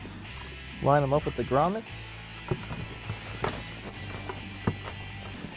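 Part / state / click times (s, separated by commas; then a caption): intake air box tabs into engine bay tray grommets / seated / 3.4 s, 4.7 s. Someone talks while a plastic SLP Performance Blackwing cold air intake air box, for a 2014-2018 Silverado/Sierra 1500 5.3L/6.2L, is lined up with the grommets and pressed down into the engine bay tray. Its tabs snap into the tray with sharp clicks at 3.4 s and 4.7 s, and the air box is seated.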